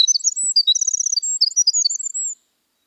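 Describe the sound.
Winter wren song, a rapid high tumbling stream of tinkling notes and fast trills, bursting out for about two and a half seconds without pause.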